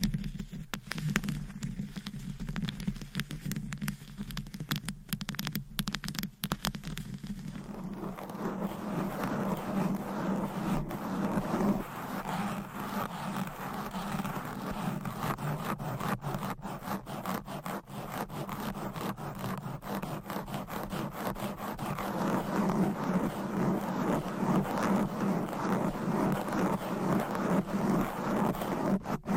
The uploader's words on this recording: ASMR Fast & Aggressive Tapping & Scratching with Different Mics Items & Nails No Talking.